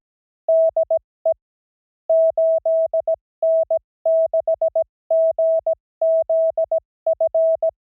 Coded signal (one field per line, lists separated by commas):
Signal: Morse code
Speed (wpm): 17 wpm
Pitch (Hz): 650 Hz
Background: none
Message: DE 8N6GZF